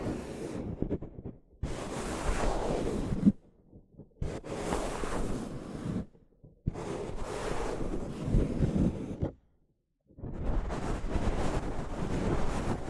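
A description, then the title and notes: Soft fabric brushes against a microphone in long, rough sweeps, each a dense rustling whoosh lasting one to three seconds. About five strokes occur, separated by short near-silent gaps. The sound is full and low-heavy, with a breathy hiss on top, like gusts or surf. ASMR Mic Brushing using Soft Fabric (No Talking).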